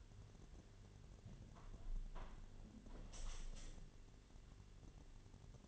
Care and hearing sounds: daily activity, microphone in the room; close window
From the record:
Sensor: 4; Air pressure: 1007.3 hPa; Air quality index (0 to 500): 200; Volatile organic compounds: 7 ppm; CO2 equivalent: 1991 ppm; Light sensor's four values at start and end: 23/73/28/27 and 23/73/28/27

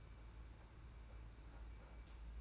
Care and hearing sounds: daily activity, microphone in the room; take from stove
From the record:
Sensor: 2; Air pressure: 991.8 hPa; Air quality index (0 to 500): 232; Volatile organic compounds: 1000 ppm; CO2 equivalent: 7807 ppm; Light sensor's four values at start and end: 18/57/22/20 and 18/57/22/20

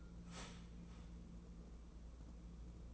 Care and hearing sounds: daily activity, microphone in the room; start toaster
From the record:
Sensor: 1

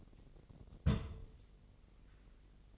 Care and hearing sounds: daily activity, microphone in the room; place on stove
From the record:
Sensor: 4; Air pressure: 1000.2 hPa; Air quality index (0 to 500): 220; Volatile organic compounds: 25 ppm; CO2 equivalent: 2836 ppm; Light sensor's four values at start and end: 9/19/8/7 and 9/20/8/7

